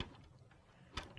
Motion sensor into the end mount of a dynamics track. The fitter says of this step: fortunately being a passco motion sensor and a passco track it snaps right in